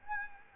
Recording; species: mosquito wingbeat signal from an infrared sensor; Aedes aegypti